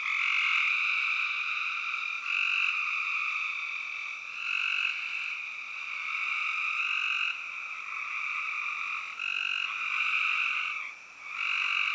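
Spring peepers calling together, a piercing high-pitched chorus that pulses in waves with a short lull near the end.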